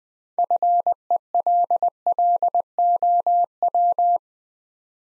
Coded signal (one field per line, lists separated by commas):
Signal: Morse code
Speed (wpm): 20 wpm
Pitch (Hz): 700 Hz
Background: none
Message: FELLOW